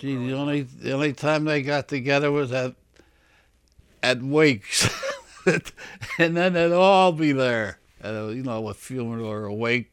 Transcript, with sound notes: Gee, the only, the only time they got together was at, at wakes. (he laughs) And then they'd all be there, you know, a funeral or a wake.